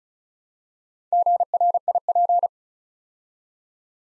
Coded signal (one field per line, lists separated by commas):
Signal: Morse code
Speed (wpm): 35 wpm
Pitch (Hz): 700 Hz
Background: none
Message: GRIP